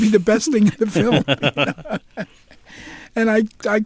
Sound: laughter

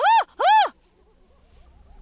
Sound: laughter

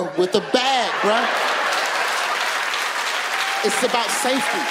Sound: laughter

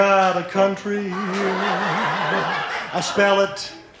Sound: laughter

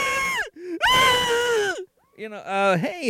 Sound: Soundbite of Jay Leno screaming

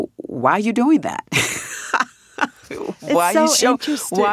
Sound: laughter

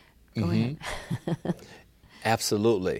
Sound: laughter

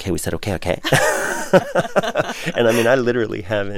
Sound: laughter

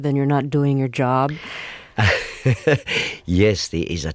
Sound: laughter

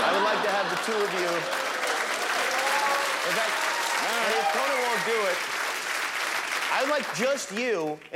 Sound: soundbite of applause

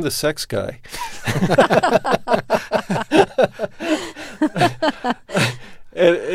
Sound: soundbite of laughter

